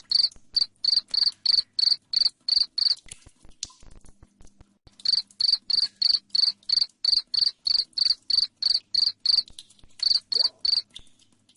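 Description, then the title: Cricket chirps, shrill and evenly spaced roughly three a second, interrupted by a two-second break before a longer series. Loud chirping cricket sound, played to make lovebirds keep trilling (ngekek). "Suara JANGKRIK NGERIK Keras Bikin LOVEBIRD Jadi NGEKEK Terus Vubey"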